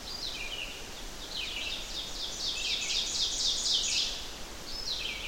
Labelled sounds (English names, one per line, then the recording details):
Ovenbird song
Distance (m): 35 m
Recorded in boreal forest in Alberta, Canada, on 12 June 2016 at 05:50
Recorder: SongMeter 3, array SBT-3-18
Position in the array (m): 200 m, 82 m
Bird 31